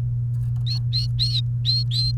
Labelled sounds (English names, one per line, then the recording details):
Domestic Canary song
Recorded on 28 April 2018 at 15:51
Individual llb3